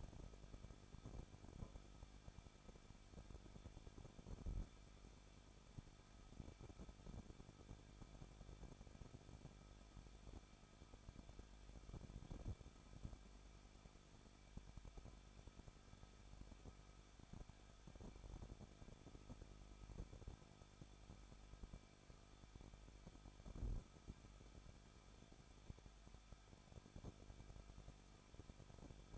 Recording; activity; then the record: daily activity, microphone in the room; no activity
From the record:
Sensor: 5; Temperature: 20.8 degrees Celsius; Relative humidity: 38.3%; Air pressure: 1006.6 hPa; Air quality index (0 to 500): 185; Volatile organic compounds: 17 ppm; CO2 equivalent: 2593 ppm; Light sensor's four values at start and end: 2/3/1/1 and 2/3/1/1